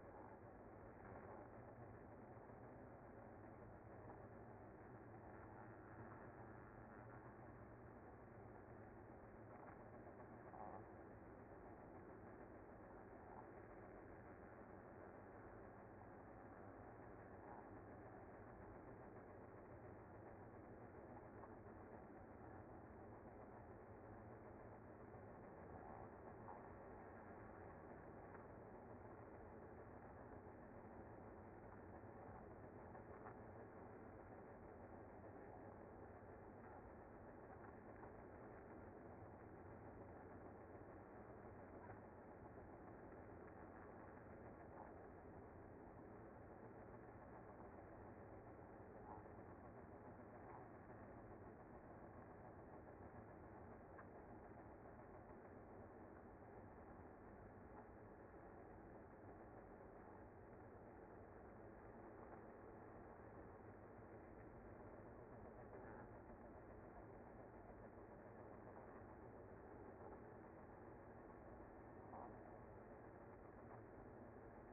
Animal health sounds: honeybee colony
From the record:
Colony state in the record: active

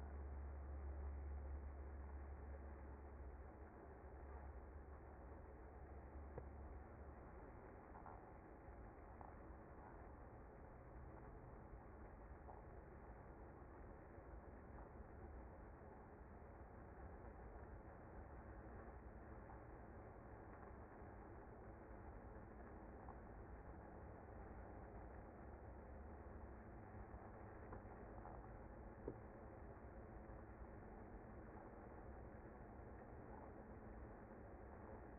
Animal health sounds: honeybee colony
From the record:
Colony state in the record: active

